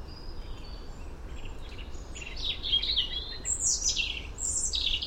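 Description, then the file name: European robin singing sweet, high, tumbling phrases that grow stronger and higher toward the end, over a continuous low hiss. "Erithacus rubecula"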